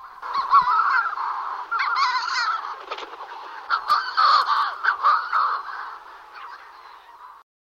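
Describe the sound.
Manx Shearwater calls: harsh, wheezy cackling notes in a raucous series that fades before stopping.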